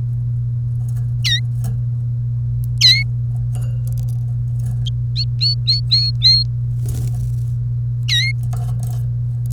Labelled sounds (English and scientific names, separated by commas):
Domestic Canary (Serinus canaria) song